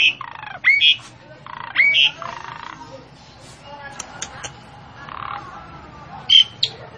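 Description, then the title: Javan pied starling calls: harsh nasal bursts mixed with short rising whistles, given in scattered phrases with pauses; steady low hum in the background. Female bird, vocal and persistent (gacor, ngotot). "Burung Jalak Suren Betina Gacor Ngotot"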